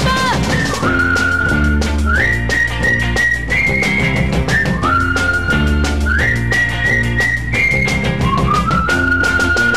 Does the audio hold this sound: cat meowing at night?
no